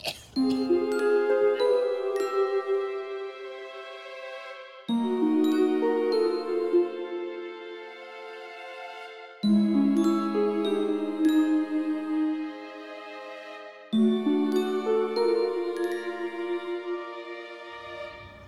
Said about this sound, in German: Oh, ist das eine furchtbare Melodie. Wessen Handy ist das? Das wäre dann ein monophoner Klingelton und das ist deines. Oh, und warum habe ich den?